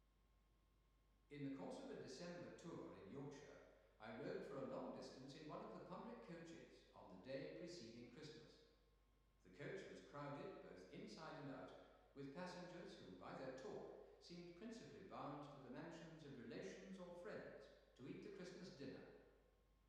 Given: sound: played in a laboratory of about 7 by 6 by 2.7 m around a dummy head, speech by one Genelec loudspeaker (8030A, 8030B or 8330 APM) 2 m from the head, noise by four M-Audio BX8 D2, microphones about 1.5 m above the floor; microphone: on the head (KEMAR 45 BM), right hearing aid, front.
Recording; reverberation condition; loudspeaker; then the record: male speech in English; high; behind (180 degrees)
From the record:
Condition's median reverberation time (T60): about 1300 ms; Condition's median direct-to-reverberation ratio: about -4.0 dB